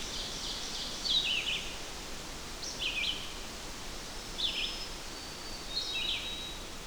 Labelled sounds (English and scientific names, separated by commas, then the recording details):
Red-eyed Vireo (Vireo olivaceus) song
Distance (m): 40 m
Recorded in boreal forest in Alberta, Canada, on 8 June 2016 at 05:33
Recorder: SongMeter 3, array SBT-3-9
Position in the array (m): 70 m, 123 m